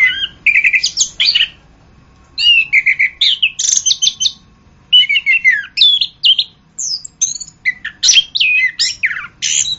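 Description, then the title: Orange-headed thrush song in four dense bursts separated by short silences, each a jumble of sweet whistles, buzzy notes and high twitters. "anis kembang"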